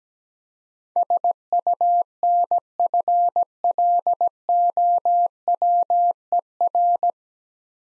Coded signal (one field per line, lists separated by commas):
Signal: Morse code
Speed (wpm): 17 wpm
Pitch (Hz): 700 Hz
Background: none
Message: SUNFLOWER